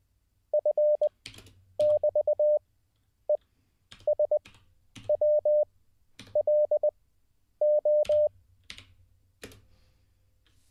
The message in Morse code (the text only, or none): F<BT>ESWLO